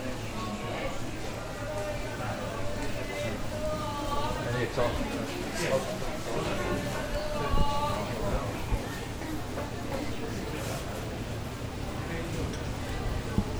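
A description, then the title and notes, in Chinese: Crowd chatter fills Nishiki Market in Kyoto, many voices overlapping in a steady, dense murmur. Now and then a single voice rises above the rest, and brief clinks and knocks break through, with a sharper one near eight seconds. 京都锦市场。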